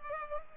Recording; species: mosquito wingbeat signal from an infrared sensor; Culex pipiens